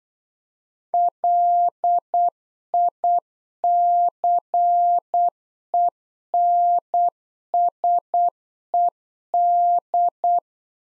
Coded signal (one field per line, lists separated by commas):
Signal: Morse code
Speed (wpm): 8 wpm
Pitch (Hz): 700 Hz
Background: none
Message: LICENSED